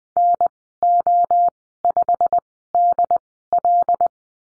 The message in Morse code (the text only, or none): NO5DL